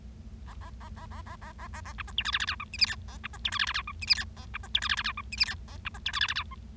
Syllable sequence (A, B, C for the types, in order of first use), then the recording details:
A A A A A A A A A A B C D E F F G H I J K A B C D E F F G H I J K A B C D E F F G H I J K A B C D E F F G H. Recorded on 25 March 2012 at 08:14. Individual gy6or6